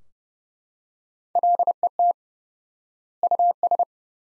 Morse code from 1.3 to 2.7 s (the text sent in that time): LET